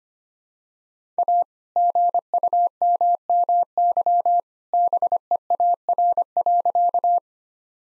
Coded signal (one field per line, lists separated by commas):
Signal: Morse code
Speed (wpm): 25 wpm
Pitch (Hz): 700 Hz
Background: none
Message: A GUMMY BEAR.